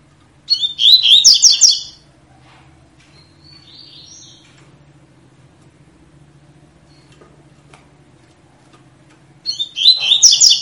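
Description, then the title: Double-collared seedeater song: two bursts of fast, high, tangled twittering notes, one near the start and one at the end, with a quiet pause between. Tui-tui song style, 'fibra' type, used as a tutor song for teaching young birds. "COLEIRO TUI TUI FIBRA CANTO PROFESSOR"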